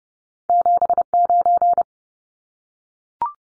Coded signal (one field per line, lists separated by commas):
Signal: Morse code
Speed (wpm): 30 wpm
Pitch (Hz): 700 Hz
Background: none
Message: 79